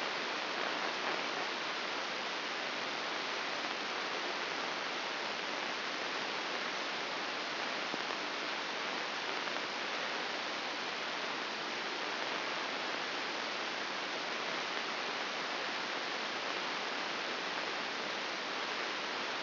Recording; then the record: brain microelectrode recording played as sound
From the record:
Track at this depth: inside the subthalamic nucleus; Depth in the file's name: 5.861 mm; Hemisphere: left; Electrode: 2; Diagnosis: Parkinson's disease